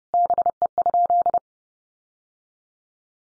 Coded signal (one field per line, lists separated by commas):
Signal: Morse code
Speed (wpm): 28 wpm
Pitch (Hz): 700 Hz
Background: none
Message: BE?